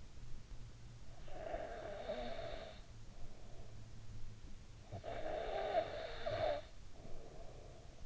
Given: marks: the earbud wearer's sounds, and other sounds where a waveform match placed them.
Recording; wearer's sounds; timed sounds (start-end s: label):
sounds in sleep by an in-ear microphone; snoring breath
0.43-3.46 s: snoring breath
4.46-8.06 s: snoring breath